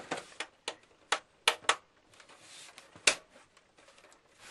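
During reassembly of an Xbox 360 after a laser head replacement, the rear plastic snap clips of the console casing are pressed into place by hand in a quiet space. A series of short, sharp plastic clicks is heard, with the clips snapping in at 0.7, 1.1, 1.5 and 3.1 seconds. They snap in easily, and the back of the case ends up seated.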